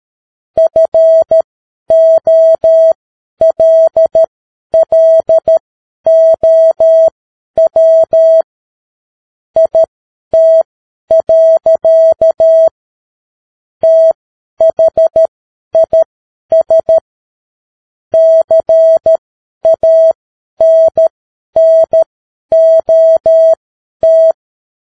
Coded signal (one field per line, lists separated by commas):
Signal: Morse code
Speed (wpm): 13 wpm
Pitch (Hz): 650 Hz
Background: none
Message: FOLLOW IT. THIS CANNOT